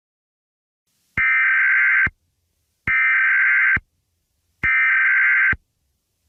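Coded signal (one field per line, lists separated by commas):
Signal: Emergency Alert System (SAME) tones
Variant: header bursts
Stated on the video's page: Simulated EAS scenario.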